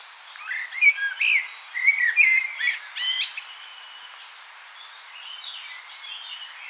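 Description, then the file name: Common blackbird delivers several loud, mellow fluted notes in quick succession, capped with a high scratchy flourish, then faint warbling continues. "Turdus merula"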